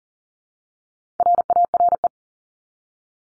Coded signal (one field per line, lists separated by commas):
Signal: Morse code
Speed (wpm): 40 wpm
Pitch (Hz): 700 Hz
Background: none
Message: RARE